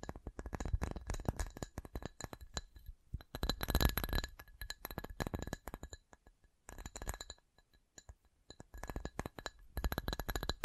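Quick, dense tapping with a bright, clinking glassy edge, coming in fast irregular bursts. The busiest stretch is around four seconds, with a quiet gap near six to seven seconds before lighter tapping resumes. No voice is heard.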